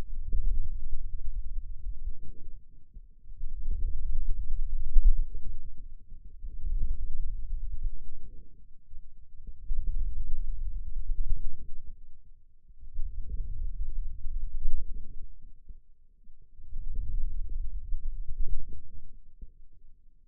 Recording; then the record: forearm muscle sounds (acoustic myography)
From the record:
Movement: radial deviation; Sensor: system 2, bracelet of six BSWA MPA416 microphones around the upper forearm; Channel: 1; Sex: male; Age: 22 years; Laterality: right